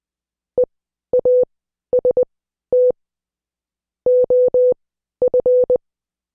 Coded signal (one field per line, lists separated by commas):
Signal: Morse code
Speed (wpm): 20 wpm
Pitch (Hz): 500 Hz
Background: none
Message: EAST OF